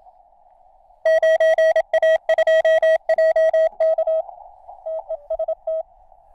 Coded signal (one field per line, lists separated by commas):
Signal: Morse code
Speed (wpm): 26 wpm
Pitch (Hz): 640 Hz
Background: none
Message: 9A2JK TEST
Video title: NVIS Morse Radio Contact at Col d'EZE Near Nice.